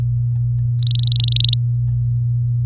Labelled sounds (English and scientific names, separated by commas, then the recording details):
Domestic Canary (Serinus canaria) song
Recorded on 4 May 2018 at 09:24
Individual llb16